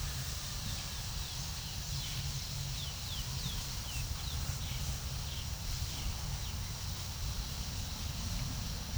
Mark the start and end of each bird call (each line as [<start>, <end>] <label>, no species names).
[2.71, 4.78] bird call